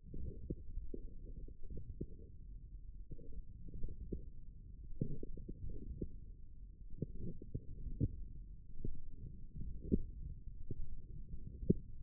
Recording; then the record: forearm muscle sounds (acoustic myography)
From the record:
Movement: forearm supination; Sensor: system 1, eight BSWA MPA416 microphones around the upper forearm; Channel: 1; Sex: male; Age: 20 years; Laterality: left